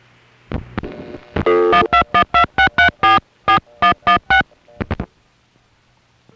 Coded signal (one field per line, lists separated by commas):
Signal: DTMF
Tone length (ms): 110 ms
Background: music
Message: 12126344116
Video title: Southern California Phone Tapes 1: #5 Crossbar in Van Nuys, Summer 1974